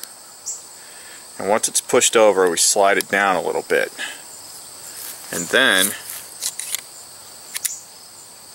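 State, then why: Seated. Someone talks while pushing over the liner lock of a Blade-Tech folding ulu-style knife, sliding the blade down a little and pushing it, with faint handling ticks at about 6.6 and 6.8 s over a steady high-pitched background drone. A sharp click at 7.7 s marks the blade's lock engaging, seating it in its ulu position.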